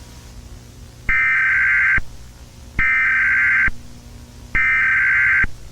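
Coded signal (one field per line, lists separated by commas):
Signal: Emergency Alert System (SAME) tones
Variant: header bursts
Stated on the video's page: Fictional EAS scenario about a dictatorship under martial law, using valid EAS tones.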